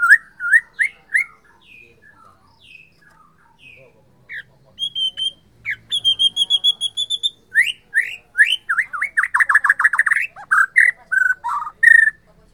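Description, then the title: White-rumped shama song of spaced clear whistles, a thin high rapid series of notes, then a cascade of loud rich warbling phrases. Borneo. "MURAI BORNEO MAS KIKI"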